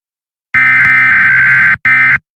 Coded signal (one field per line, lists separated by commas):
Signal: Emergency Alert System (SAME) tones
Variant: header bursts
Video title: California Derecho and Other Warnings EAS Scenario Part 3